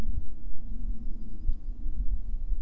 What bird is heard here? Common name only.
Eurasian Blue Tit